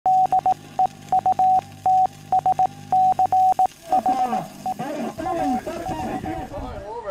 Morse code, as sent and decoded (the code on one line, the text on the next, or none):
-.. . ..- - ... -.-. .... . / .- ...-
DEUTSCHE AV